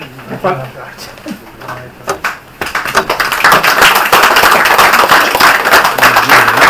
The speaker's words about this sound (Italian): È un applauso che va a questo Remazzoni, naturalmente. Vi ringrazio della serata.